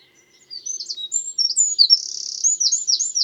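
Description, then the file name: Eurasian Wren bursting into song after a short pause: piercing high notes, a buzzy sustained trill, then rapid repeated warbling phrases. "Troglodytes troglodytes"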